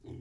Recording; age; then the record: pig call; weaner (32 to 43 days)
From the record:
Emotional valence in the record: negative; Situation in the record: negative conditioning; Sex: female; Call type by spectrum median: low-frequency call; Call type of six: low-frequency stable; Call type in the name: low-frequency stable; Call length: 0.22 s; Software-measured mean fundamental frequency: 41 Hz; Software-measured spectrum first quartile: 114 Hz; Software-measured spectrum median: 217 Hz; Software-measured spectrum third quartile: 372 Hz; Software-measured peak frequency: 328 Hz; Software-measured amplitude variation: 193 dB a second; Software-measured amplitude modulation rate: 23.1 a second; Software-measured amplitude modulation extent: 8.4 dB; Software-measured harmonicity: -2.5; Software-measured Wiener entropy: 0.50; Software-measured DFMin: 915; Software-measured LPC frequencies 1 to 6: 320, 2155, 3039, 3692, 5164, 6018 Hz